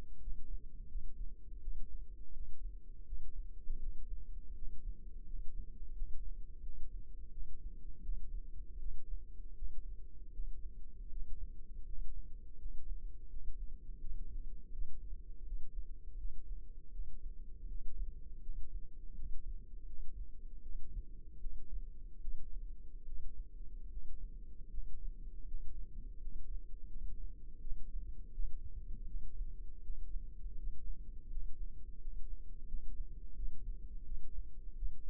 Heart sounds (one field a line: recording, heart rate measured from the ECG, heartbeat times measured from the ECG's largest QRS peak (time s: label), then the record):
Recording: heart sounds by microphone in the left ear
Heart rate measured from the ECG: 82 bpm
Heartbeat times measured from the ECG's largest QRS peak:
0.18 s: heartbeat
0.86 s: heartbeat
1.59 s: heartbeat
2.31 s: heartbeat
3.03 s: heartbeat
3.77 s: heartbeat
4.52 s: heartbeat
5.23 s: heartbeat
5.92 s: heartbeat
6.59 s: heartbeat
7.28 s: heartbeat
8.00 s: heartbeat
8.77 s: heartbeat
9.53 s: heartbeat
10.30 s: heartbeat
11.07 s: heartbeat
11.83 s: heartbeat
12.55 s: heartbeat
13.26 s: heartbeat
13.97 s: heartbeat
14.69 s: heartbeat
15.43 s: heartbeat
16.15 s: heartbeat
16.90 s: heartbeat
17.65 s: heartbeat
18.39 s: heartbeat
19.12 s: heartbeat
19.83 s: heartbeat
20.60 s: heartbeat
21.38 s: heartbeat
22.19 s: heartbeat
23.03 s: heartbeat
23.87 s: heartbeat
24.67 s: heartbeat
25.44 s: heartbeat
26.17 s: heartbeat
26.86 s: heartbeat
27.58 s: heartbeat
28.30 s: heartbeat
29.05 s: heartbeat
29.80 s: heartbeat
30.54 s: heartbeat
31.27 s: heartbeat
31.97 s: heartbeat
32.64 s: heartbeat
33.33 s: heartbeat
34.02 s: heartbeat
34.73 s: heartbeat
From the record:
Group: healthy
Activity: rest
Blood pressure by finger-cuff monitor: 103/61 mmHg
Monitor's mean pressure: 74 mmHg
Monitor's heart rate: 82 bpm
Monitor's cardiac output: 6.8 L/min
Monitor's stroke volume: 82 mL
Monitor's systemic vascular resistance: 760 dyn s/cm5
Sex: female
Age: 26 years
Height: 165 cm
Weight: 55 kg